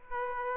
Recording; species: mosquito wingbeat signal from an infrared sensor; Aedes aegypti